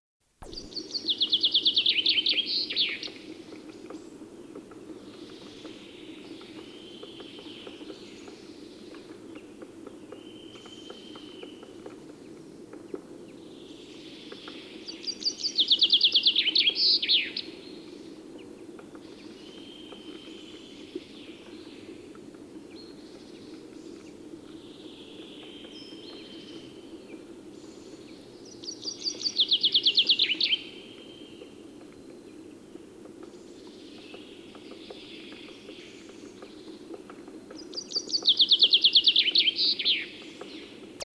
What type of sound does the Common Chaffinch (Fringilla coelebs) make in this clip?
song